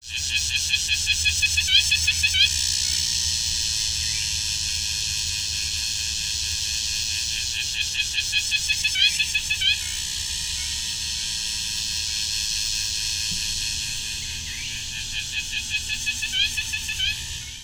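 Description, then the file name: Cicada song, a dense continuous buzzing drone high in pitch, with brief pulsed rattling bursts near the start, middle and end. "Meimuna tavoyana"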